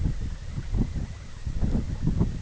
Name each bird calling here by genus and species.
none